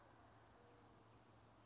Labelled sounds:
Mourning Dove (Zenaida macroura)
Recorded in Sonoma County, California

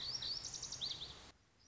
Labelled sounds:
Lazuli Bunting (Passerina amoena)
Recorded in Sonoma County, California

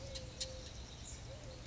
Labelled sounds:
Eurasian Collared Dove (Streptopelia decaocto)
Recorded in Sonoma County, California

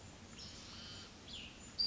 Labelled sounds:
Cassin's Vireo (Vireo cassinii)
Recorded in Sonoma County, California

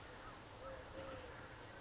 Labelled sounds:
Eurasian Collared Dove (Streptopelia decaocto)
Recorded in Sonoma County, California

